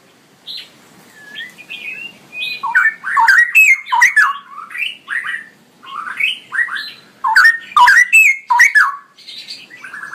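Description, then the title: Straw-headed bulbul song: repeated loud, bubbling whistled phrases, each a cascade of rich liquid notes with sharp accents, separated by brief gaps. Male singing persistently with a loud voice and long rolling phrases; masteran recording for training other birds. "GILEEE Cucak ROWO Jantan GACOR Suara Lantang ROoo EL Panjang"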